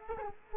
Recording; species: mosquito wingbeat signal from an infrared sensor; Culex quinquefasciatus